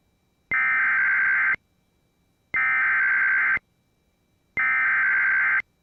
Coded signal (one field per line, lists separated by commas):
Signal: Emergency Alert System (SAME) tones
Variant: header bursts